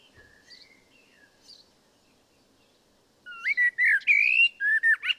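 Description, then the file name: Common blackbird: a few quiet, soft whistles, then a loud, fluting warbled phrase with sliding notes and high twittery flourishes. "Turdus merula"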